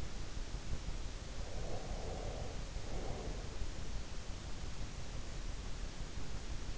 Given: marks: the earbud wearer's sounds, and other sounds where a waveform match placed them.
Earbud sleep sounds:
sounds in sleep by an in-ear microphone; breath
1.25-3.79 s: breath

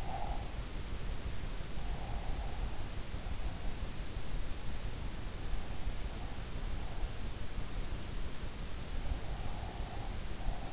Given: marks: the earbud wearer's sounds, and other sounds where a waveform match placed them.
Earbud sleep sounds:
sounds in sleep by an in-ear microphone; breath
0.00-0.42 s: breath
9.38-10.73 s: breath

